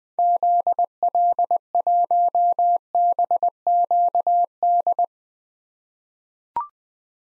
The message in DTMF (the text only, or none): none